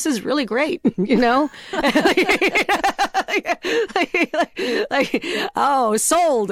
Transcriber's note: laughter